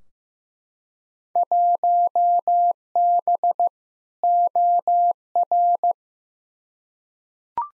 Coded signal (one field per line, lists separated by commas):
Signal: Morse code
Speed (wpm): 15 wpm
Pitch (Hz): 700 Hz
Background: none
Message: 1B OR